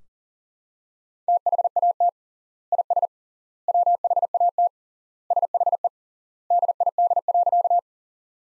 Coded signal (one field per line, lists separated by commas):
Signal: Morse code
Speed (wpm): 37 wpm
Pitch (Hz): 700 Hz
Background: none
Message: THAT IS WHAT SHE DID.